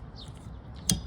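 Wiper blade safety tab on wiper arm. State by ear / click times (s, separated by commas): seated / 0.9 s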